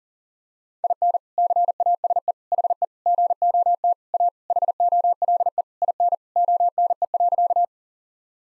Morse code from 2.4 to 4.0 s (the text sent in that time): HE GOT